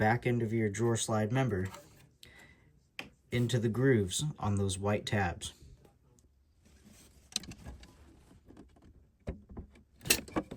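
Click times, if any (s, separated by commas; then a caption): none. Someone talks while the back end of a soft-close ball-bearing drawer slide member is handled toward the grooves on the white plastic rear mounting tabs of an old face-frame cabinet. Quieter handling rustles and a few sharp knocks follow, the loudest near 7.4 s and 10.1 s. Nothing has seated or clicked into place yet.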